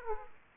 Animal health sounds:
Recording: mosquito wingbeat signal from an infrared sensor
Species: Aedes aegypti

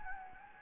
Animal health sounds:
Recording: mosquito wingbeat signal from an infrared sensor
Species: Anopheles gambiae

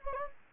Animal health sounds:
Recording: mosquito wingbeat signal from an infrared sensor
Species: Anopheles gambiae

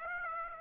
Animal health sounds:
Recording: mosquito wingbeat signal from an infrared sensor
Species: Aedes aegypti

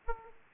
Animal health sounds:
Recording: mosquito wingbeat signal from an infrared sensor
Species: Aedes aegypti

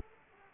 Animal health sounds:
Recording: mosquito wingbeat signal from an infrared sensor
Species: Aedes aegypti

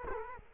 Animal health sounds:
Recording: mosquito wingbeat signal from an infrared sensor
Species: Culex quinquefasciatus

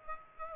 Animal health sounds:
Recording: mosquito wingbeat signal from an infrared sensor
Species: Aedes aegypti

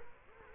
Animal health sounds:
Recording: mosquito wingbeat signal from an infrared sensor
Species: Culex quinquefasciatus

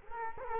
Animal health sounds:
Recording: mosquito wingbeat signal from an infrared sensor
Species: Culex quinquefasciatus

